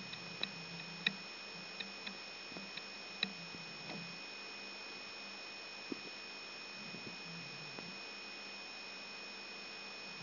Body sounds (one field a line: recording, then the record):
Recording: brain microelectrode recording played as sound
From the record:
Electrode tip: outside the subthalamic nucleus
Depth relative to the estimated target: -7 mm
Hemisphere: right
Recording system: AlphaMap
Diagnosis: Parkinson's disease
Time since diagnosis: 14 years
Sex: male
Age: 66 years